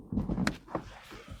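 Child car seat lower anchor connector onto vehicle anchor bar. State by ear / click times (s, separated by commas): seated / 0.5 s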